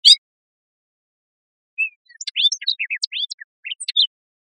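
Hooded oriole song: a single high note, then after a gap a hurried string of varied chirps, slurred whistles and chattering notes lasting about two seconds.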